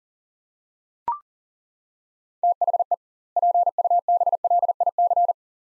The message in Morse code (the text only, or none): THE PUBLIC